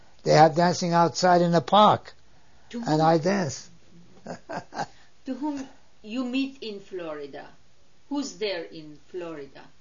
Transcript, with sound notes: They have dancing outside in the park.
To whom...
And I dance. (he laughs)
To whom you meet in Florida. Who's there in Florida?